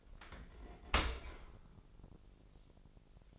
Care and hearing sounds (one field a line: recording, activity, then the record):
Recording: daily activity, microphone in the room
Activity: open dishwasher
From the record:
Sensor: 5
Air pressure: 1000.6 hPa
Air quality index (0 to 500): 248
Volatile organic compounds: 35 ppm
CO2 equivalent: 3051 ppm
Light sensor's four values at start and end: 31/70/28/26 and 31/72/29/27